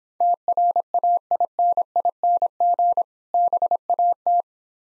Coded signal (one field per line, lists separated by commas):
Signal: Morse code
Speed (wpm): 26 wpm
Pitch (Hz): 700 Hz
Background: none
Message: TRAINING BAT